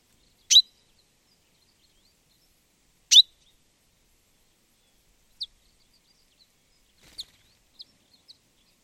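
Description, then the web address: Common chaffinch calls: two loud, sharp, metallic notes about two and a half seconds apart, followed by several fainter, thinner chips near the end; otherwise silent. "Deverinetal 2025 File origin Bird Only Fr Co"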